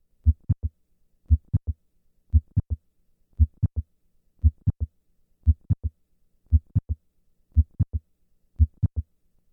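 Simulated adult heart sounds of mitral valve prolapse at about 58 beats per minute: a midsystolic click follows S1 by about 200 milliseconds in the squatting position, with the murmur removed.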